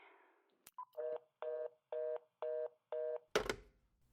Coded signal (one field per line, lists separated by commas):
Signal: telephone call progress tone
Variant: North America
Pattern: reorder tone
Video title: The Dead Wife's Phone Call: 10 Years Too Late "Behind The Door" | Fiction Podcast